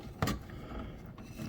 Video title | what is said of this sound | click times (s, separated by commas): Dell XPS 8700 - video card upgrade | Here we need that positive click. There we go. | 0.2 s